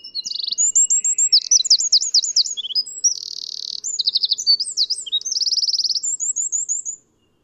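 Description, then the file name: Eurasian wren song: a loud, rapid outpouring of high, sharp trills and clear notes, over about seven seconds with barely a pause. "Troglodytes troglodytes"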